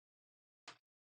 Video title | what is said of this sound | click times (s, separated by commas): LEGO Star Wars UCS 10174 Imperial AT-ST Day 2/Finale?? | Oh, wow. That was a solid click. Very nice. | 0.7 s